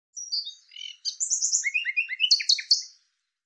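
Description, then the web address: Bird singing a varied phrase: high thin whistles, a fast twittering middle section, then sharp high chirps at the end; background silent. "Deverinetal 2025"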